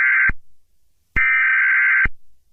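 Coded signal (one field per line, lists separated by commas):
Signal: Emergency Alert System (SAME) tones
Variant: header bursts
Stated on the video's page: Fictional EAS scenario with simulated alarm tones.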